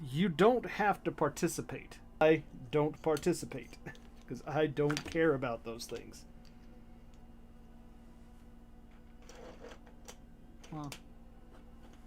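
Someone talks for the first six seconds while fitting a plastic helmet piece onto the head of a 1/100 MG Gundam AGE-2 Normal Gunpla model kit. After that come a few faint plastic handling taps around 9.3 to 10.1 seconds. The helmet does not lock into any position and keeps rotating freely, so nothing has seated or clicked yet, leaving it unclear where it is supposed to go.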